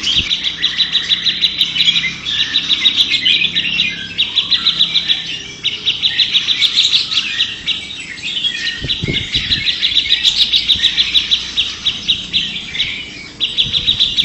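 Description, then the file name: Grey-cheeked bulbul song: bursts of quick chattering notes in phrases of about two seconds with short gaps, several birds overlapping, a low knock midway. Simulated songbird contest recording featuring a trio of birds. "audio simulasi lomba cucak jenggot trio omkicau"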